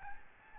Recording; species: mosquito wingbeat signal from an infrared sensor; Aedes albopictus